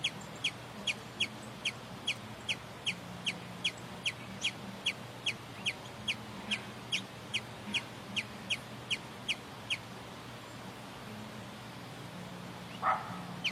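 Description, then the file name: Sombre hummingbird song, a string of crisp high chips about two or three per second, stopping after ten seconds; a brief lower sound near the end, steady low hum. "Canto do beija flor cinza"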